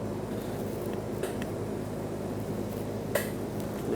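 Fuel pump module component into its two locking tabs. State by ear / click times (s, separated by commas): seated / 1.4 s, 3.1 s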